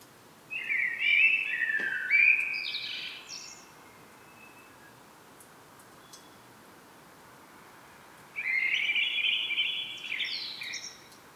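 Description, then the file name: Common blackbird singing two long, fluting phrases separated by a silent gap, each sliding through varied whistles and ending in a shrill, squeaky flourish. "Turdus merula"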